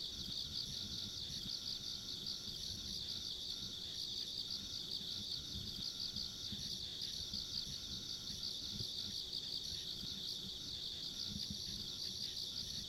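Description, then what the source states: Insect chorus of fast, unbroken high trills, with a low background rumble. Ambient insect sounds recorded along a country road.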